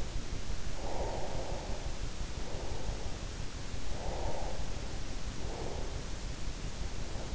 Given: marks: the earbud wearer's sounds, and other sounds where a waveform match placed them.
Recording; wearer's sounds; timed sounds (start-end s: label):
sounds in sleep by an in-ear microphone; breath
0.66-3.05 s: breath
3.92-6.08 s: breath